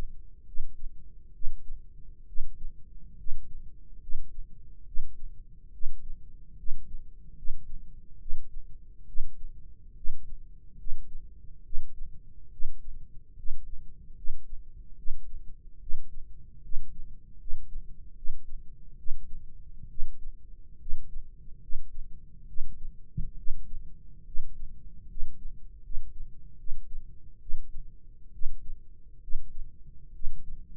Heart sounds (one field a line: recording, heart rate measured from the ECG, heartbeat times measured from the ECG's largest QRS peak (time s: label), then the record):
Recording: heart sounds by microphone in the right ear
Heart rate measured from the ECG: 71 bpm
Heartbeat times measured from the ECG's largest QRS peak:
0.45 s: heartbeat
1.32 s: heartbeat
2.26 s: heartbeat
3.16 s: heartbeat
3.99 s: heartbeat
4.84 s: heartbeat
5.71 s: heartbeat
6.56 s: heartbeat
7.35 s: heartbeat
8.18 s: heartbeat
9.06 s: heartbeat
9.94 s: heartbeat
10.77 s: heartbeat
11.63 s: heartbeat
12.50 s: heartbeat
13.35 s: heartbeat
14.15 s: heartbeat
14.96 s: heartbeat
15.79 s: heartbeat
16.61 s: heartbeat
17.38 s: heartbeat
18.14 s: heartbeat
18.96 s: heartbeat
19.88 s: heartbeat
20.78 s: heartbeat
21.60 s: heartbeat
22.46 s: heartbeat
23.36 s: heartbeat
24.24 s: heartbeat
25.07 s: heartbeat
25.81 s: heartbeat
26.56 s: heartbeat
27.39 s: heartbeat
28.31 s: heartbeat
29.20 s: heartbeat
30.12 s: heartbeat
From the record:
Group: healthy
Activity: rest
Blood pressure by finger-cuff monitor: 145/87 mmHg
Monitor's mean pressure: 103 mmHg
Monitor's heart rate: 70 bpm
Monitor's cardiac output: 5.8 L/min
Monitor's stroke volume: 82 mL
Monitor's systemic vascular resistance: 1310 dyn s/cm5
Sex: male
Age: 21 years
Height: 180 cm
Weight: 67.5 kg